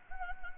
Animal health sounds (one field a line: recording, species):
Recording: mosquito wingbeat signal from an infrared sensor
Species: Anopheles gambiae